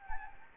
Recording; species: mosquito wingbeat signal from an infrared sensor; Anopheles gambiae